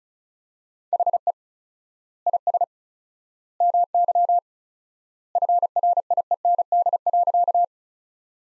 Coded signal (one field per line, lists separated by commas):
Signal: Morse code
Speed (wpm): 34 wpm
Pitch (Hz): 700 Hz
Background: none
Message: HE IS MY FRIEND.